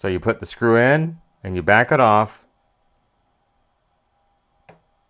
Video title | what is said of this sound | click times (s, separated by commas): Sony ICF-2010 Adding Q303 FET protection diodes and some other tips on these radios ICF-2001 | until you hear a click and that's it actually dropping into the original threads | 4.7 s